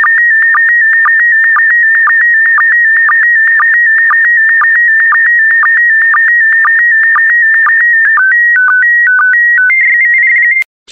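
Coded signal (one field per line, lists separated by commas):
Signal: SSTV (slow-scan television)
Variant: PD120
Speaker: complete you can now check your decoded image against the picture that is shown on the video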